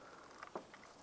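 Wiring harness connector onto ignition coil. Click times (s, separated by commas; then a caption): 0.6 s. A plastic wiring harness connector is lined up on an ignition coil of a 2004-2008 Acura TL during spark plug replacement and pressed down by hand. Faint soft ticks come at 0.4 s and 0.7 s, with a short, slightly louder snap at 0.6 s as the connector seats onto the coil.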